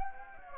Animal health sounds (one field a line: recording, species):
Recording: mosquito wingbeat signal from an infrared sensor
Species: Anopheles gambiae